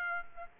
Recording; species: mosquito wingbeat signal from an infrared sensor; Aedes aegypti